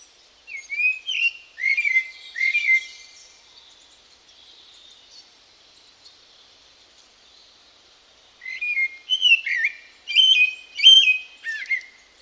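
Bird giving a few clear whistled chirps, then several seconds of near silence, then a longer run of varied whistles and twittering notes.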